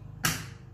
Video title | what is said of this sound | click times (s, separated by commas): ABIR X6 FULL SETUP 2021 | okay do you hear it click okay so you must make sure that they actually click in place | 0.2 s